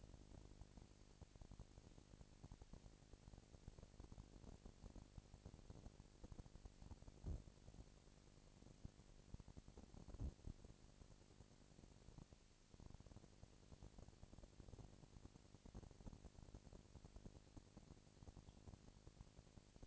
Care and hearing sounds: daily activity, microphone in the room; no activity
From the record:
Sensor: 5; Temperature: 19.8 degrees Celsius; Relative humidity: 36.7%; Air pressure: 997.0 hPa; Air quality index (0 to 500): 169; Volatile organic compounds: 14 ppm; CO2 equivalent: 2441 ppm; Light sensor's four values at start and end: 2/3/1/1 and 2/3/1/1

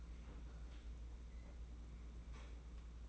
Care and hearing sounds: daily activity, microphone in the room; open fridge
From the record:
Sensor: 1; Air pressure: 991.9 hPa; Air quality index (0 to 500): 205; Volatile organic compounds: 1000 ppm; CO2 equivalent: 7955 ppm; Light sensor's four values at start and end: 29/102/39/40 and 29/102/39/40

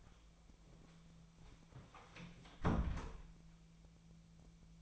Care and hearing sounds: daily activity, microphone in the room; close door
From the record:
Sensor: 1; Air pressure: 1000.6 hPa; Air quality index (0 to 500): 185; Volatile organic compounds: 5 ppm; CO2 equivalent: 1706 ppm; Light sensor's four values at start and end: 12/28/12/13 and 11/27/11/13

